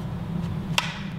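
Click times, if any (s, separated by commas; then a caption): 0.8 s. A TX-6010-0-1 smoke detector, reinstalled after a battery change, has its notch lined up with the arrow on the ceiling mounting plate and is turned clockwise. A sharp click at 0.8 s marks it locking into the ceiling mount, over a steady low hum. The detector is seated back in the ceiling.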